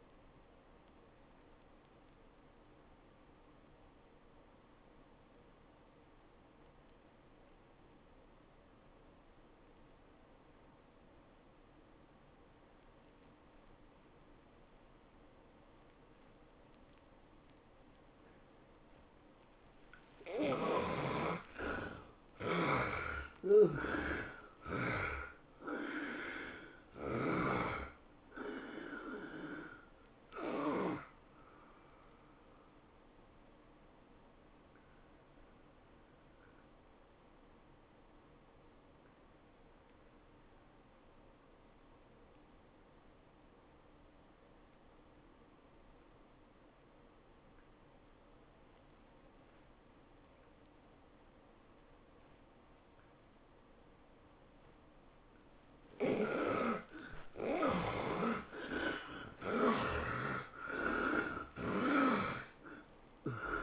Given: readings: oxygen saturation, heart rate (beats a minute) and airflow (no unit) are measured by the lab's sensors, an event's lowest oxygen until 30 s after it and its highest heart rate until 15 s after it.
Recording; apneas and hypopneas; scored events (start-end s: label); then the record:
breathing in sleep by a voice recorder at the bedside; 2
3.00-22.50 s: obstructive apnea (N1, oxygen 94% highest, then 73% lowest, heart rate 97 at the start, 110 highest)
33.00-58.00 s: obstructive apnea (N1, oxygen 96% highest, then 73% lowest, heart rate 107 at the start, 111 highest)
43.00-63.63 s: new sleep stage, N2 (light sleep)
From the record:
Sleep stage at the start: N1 (lightest sleep); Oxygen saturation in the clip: 71 to 96%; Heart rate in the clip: 83 to 110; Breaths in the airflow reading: 9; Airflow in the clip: -10.7 to 12.1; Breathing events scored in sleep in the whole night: 403 in 5.5 hours asleep